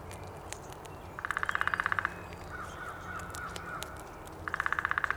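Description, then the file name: Downy woodpecker: two quick rolls of evenly spaced pulses a few seconds apart, the second cut off at the end, with a low background hum. Recorded 19 April 2019. "2019-04-19 Downy Woodpecker"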